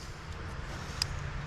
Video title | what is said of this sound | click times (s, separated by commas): Restoring my Headlights with @OxilamLED | Till it clicks, just like that. | 1.0 s